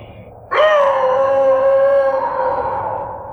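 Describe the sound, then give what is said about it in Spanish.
A person lets out a long, loud wolf-like howl, a single sustained wavering tone with strong harmonics that begins abruptly and slowly fades over about three seconds. “Y me estremeció mi propio aullido porque no grité, aullé.”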